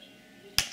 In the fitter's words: yeah you snap it open from the front you can get to your charging dock that's down and there you can see it now